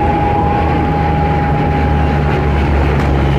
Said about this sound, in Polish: Podczas godziny nad głowami przeleciało kilka wojskowych samolotów. Najpierw jeden duży, nie znam się na samolotach, ale powiedziałbym, że transportowy. Miał otwarty luk bagażowy, a w nim rozpiętą flagę z narysowaną na niej powstańczą kotwicą.